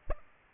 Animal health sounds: mosquito wingbeat signal from an infrared sensor; Aedes aegypti

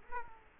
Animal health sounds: mosquito wingbeat signal from an infrared sensor; Culex quinquefasciatus

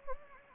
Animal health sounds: mosquito wingbeat signal from an infrared sensor; Anopheles gambiae

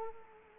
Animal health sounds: mosquito wingbeat signal from an infrared sensor; Culex quinquefasciatus

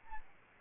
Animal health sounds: mosquito wingbeat signal from an infrared sensor; Aedes albopictus

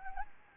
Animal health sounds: mosquito wingbeat signal from an infrared sensor; Anopheles gambiae

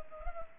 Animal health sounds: mosquito wingbeat signal from an infrared sensor; Culex pipiens

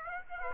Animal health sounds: mosquito wingbeat signal from an infrared sensor; Aedes aegypti

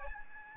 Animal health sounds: mosquito wingbeat signal from an infrared sensor; Aedes albopictus

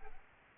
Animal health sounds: mosquito wingbeat signal from an infrared sensor; Aedes albopictus

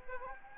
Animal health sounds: mosquito wingbeat signal from an infrared sensor; Anopheles gambiae

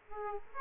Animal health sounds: mosquito wingbeat signal from an infrared sensor; Aedes aegypti

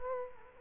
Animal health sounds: mosquito wingbeat signal from an infrared sensor; Culex quinquefasciatus

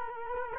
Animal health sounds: mosquito wingbeat signal from an infrared sensor; Culex quinquefasciatus

